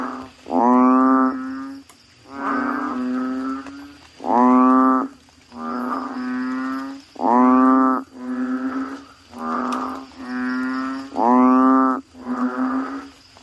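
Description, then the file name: Asian common toad give droning, moo-like notes, about nine calls in turn, each lasting roughly a second with short gaps. "suara kodok bangkong"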